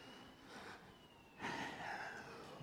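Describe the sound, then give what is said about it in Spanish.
An ambulance siren goes by, its high wailing tone sliding in pitch and swelling louder about halfway through before holding steady over a low background rumble. “Look, even the ambulance has come.”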